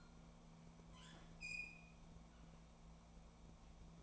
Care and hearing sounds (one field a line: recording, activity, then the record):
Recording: daily activity, microphone in the room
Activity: open fridge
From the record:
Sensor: 1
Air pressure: 1000.2 hPa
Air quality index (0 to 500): 134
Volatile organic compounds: 2 ppm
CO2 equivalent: 1267 ppm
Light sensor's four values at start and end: 34/86/36/44 and 34/85/36/44